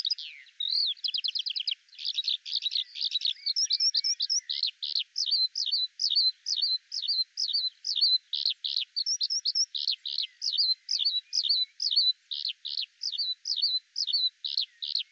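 Eurasian skylark singing continuously: a brief trill, then quick, sharp repeated chirping notes in a steady run, bright and high-pitched.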